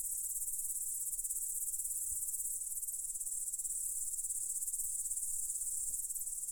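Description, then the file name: Cricket chorus, continuous high rapid pulsing, with a couple of faint low thuds in the background. "cvrcci"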